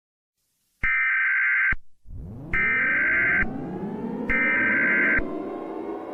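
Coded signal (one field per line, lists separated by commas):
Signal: Emergency Alert System (SAME) tones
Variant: header bursts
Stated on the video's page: Fictional mock EAS scenario about Witherstorm attacks, a 4th of July special.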